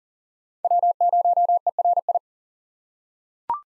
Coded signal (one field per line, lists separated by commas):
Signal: Morse code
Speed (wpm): 40 wpm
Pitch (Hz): 700 Hz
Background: none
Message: W0ERI